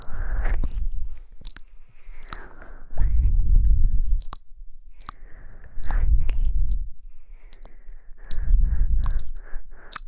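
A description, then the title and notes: Blowing sounds from inside the ear, with low rumbling gusts that swell for about a second around 0, 3, 6 and 8.5 seconds. Between them come sharp clicks and crackles, with a faint steady hiss in the quieter stretches. Inner ear blowing.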